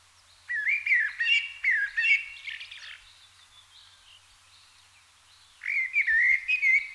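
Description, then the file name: Blackbird song with a rich, rolling whistled phrase that trails into squeaky high notes, then a quiet gap before the next fluty phrase begins. "Turdus merula"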